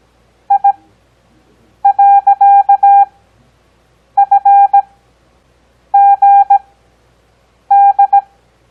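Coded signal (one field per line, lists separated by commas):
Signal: Morse code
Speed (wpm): 17 wpm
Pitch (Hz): 800 Hz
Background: none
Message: I.FGD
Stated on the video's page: Morse code copy practice covering letters, digits and punctuation, Farnsworth timing with 17 WPM characters at 6 WPM overall.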